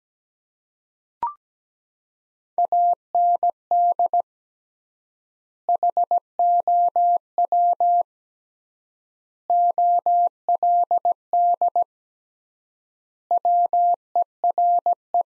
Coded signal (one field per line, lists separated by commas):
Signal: Morse code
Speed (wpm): 17 wpm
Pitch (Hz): 700 Hz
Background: none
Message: AND HOW OLD WERE